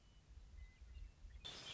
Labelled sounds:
Western Meadowlark
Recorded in Sonoma County, California

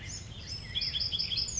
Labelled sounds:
Black-headed Grosbeak
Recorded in Sonoma County, California

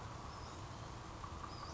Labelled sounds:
Western Flycatcher
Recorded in Sonoma County, California

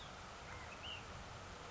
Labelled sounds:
Ash-throated Flycatcher
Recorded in Sonoma County, California

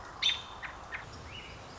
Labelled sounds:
American Robin
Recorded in Sonoma County, California

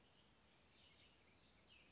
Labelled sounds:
Cassin's Vireo
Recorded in Sonoma County, California

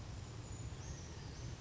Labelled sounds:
Brown Creeper
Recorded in Sonoma County, California

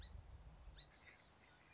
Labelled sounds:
Song Sparrow
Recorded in Sonoma County, California

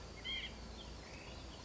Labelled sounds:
White-breasted Nuthatch
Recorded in Sonoma County, California

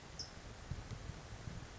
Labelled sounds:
California Towhee
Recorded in Sonoma County, California

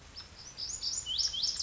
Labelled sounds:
Lazuli Bunting
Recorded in Sonoma County, California

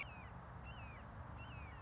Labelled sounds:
Red-shouldered Hawk
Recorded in Sonoma County, California

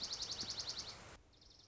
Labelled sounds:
Dark-eyed Junco
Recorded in Sonoma County, California

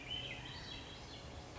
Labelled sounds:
Swainson's Thrush
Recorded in Sonoma County, California

